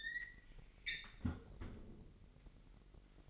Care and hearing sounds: daily activity, microphone in the room; close fridge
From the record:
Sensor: 4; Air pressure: 1002.8 hPa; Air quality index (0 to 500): 245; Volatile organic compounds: 18 ppm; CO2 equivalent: 2622 ppm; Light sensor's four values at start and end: 4/10/4/4 and 4/10/3/4

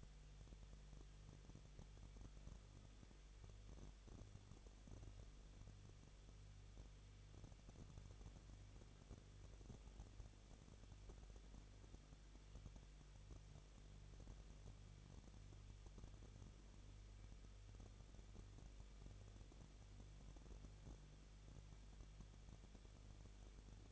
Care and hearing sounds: daily activity, microphone in the room; no activity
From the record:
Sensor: 4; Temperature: 23.1 degrees Celsius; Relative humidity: 34.2%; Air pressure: 1007.2 hPa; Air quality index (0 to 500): 215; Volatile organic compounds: 15 ppm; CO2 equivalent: 2482 ppm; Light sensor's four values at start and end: 2/3/1/1 and 2/3/1/1

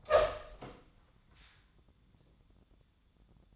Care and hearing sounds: daily activity, microphone in the room; open door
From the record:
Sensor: 3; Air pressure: 1004.9 hPa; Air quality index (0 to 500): 75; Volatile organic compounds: 2 ppm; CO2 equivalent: 1135 ppm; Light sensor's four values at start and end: 8/19/8/7 and 8/19/8/7

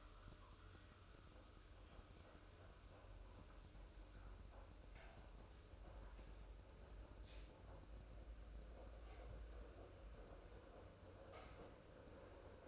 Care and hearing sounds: daily activity, microphone in the room; make coffee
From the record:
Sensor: 2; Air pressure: 994.9 hPa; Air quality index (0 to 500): 53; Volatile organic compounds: 1 ppm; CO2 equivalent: 853 ppm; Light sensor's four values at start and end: 15/50/19/18 and 15/50/19/18

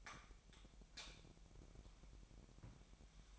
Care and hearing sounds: daily activity, microphone in the room; light off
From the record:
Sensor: 1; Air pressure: 1012.0 hPa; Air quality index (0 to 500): 234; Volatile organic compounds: 6 ppm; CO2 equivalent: 1865 ppm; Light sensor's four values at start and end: 18/50/20/22 and 14/34/14/16

